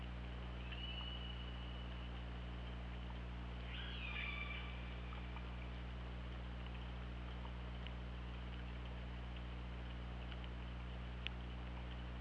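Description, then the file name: Killer whale calls: a faint tone early, then a short harmonic call, then only a steady low hum and faint ticks. Recorded by OrcaLab hydrophone on 24 August 2017 at 21:18:28. "Orca Lab UTLN JASON 20170824 211828"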